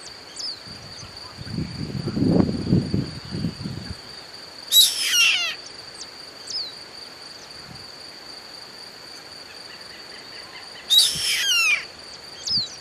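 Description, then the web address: Bird calls, two rasping, overtone-rich bursts about six seconds apart, with a low rumbling noise early on and a constant high whine behind. "BIRD 2015 SABIOD 50 bird 2015"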